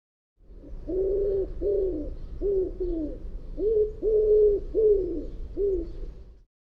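Bird giving a series of about eight soft, low cooing notes, spaced irregularly over about five seconds, with faint low rumble beneath.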